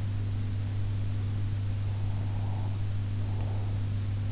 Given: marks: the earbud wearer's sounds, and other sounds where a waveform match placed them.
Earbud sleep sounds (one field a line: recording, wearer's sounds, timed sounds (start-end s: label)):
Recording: sounds in sleep by an in-ear microphone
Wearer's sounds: breath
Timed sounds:
1.79-3.89 s: breath